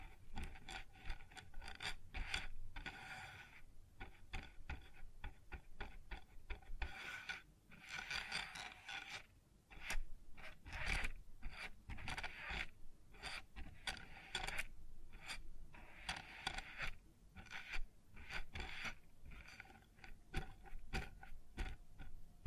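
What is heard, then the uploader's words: Rough rubbing and scraping on a wooden surface, with dense rasping strokes that come in irregular bursts throughout. Brief pauses break the activity, and sharp knocks and taps punctuate the scraping, adding low thumps beneath the gritty, bright texture. ASMR Sounds on Wooden Surface (No Talking).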